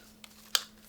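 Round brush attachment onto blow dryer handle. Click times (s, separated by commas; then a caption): 0.6 s. A round brush head is pushed and twisted onto the handle of a plastic hair dryer body, with a faint tick at 0.24 s and a sharp, bright click at 0.55 s over a steady low hum. A softer knock follows at 0.93 s, and the brush attachment is seated and locked in place.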